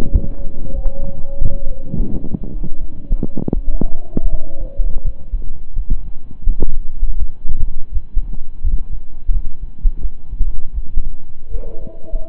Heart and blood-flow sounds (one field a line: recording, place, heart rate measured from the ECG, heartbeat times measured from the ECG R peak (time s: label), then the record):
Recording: heart sounds by stethoscope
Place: between the tricuspid and mitral areas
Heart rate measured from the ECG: 84 bpm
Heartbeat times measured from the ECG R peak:
0.08 s: heartbeat
0.72 s: heartbeat
1.40 s: heartbeat
2.09 s: heartbeat
2.78 s: heartbeat
3.51 s: heartbeat
4.28 s: heartbeat
5.02 s: heartbeat
5.74 s: heartbeat
6.44 s: heartbeat
7.17 s: heartbeat
7.90 s: heartbeat
8.61 s: heartbeat
9.30 s: heartbeat
9.99 s: heartbeat
10.72 s: heartbeat
11.48 s: heartbeat
12.27 s: heartbeat
From the record:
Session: slow and fast walking with breaks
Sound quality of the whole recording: saturated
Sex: male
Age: 25 years